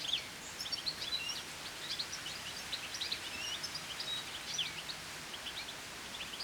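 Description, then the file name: European goldfinch calls, a quick run of bright, tinkling chirps and twitters scattered throughout over a steady background hiss. "Carduelis carduelis"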